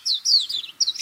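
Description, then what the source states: Warbling white-eye, a few high sliding warbled notes, a brief pause, then a few more sharp high notes. Recorded on the Senami coast, Niigata Prefecture, Japan.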